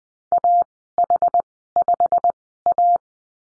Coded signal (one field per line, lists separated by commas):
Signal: Morse code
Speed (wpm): 20 wpm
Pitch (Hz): 700 Hz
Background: none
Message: AH5A